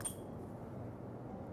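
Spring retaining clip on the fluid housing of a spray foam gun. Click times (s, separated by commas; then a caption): 0.0 s. As the fluid section of a Fusion AP air purge spray foam gun is backed off from the air section, the metal spring retaining clip on the fluid housing snaps into its catch with a sharp, bright click at 0.0 s, followed by a low, steady background hum. The clip is seated, so the loosened fluid housing cannot come completely off the gun.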